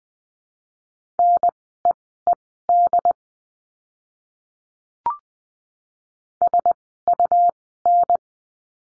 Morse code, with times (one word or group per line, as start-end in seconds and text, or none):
1.2-3.1 NEED
6.4-8.2 SUN